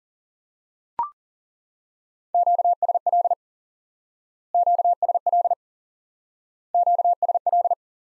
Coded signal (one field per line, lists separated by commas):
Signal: Morse code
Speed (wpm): 40 wpm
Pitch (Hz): 700 Hz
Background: none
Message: QSL QSL QSL